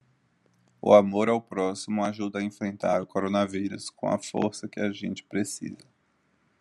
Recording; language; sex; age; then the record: spoken sentence; Brazilian Portuguese; male; 20 to 29 years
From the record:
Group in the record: control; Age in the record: 27 years